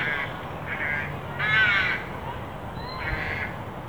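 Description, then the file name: Carrion crow giving one loud, harsh caw near the middle, with shorter, softer calls before and after it over steady background noise. "Corvus corone"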